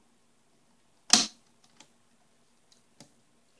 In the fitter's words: hear that big click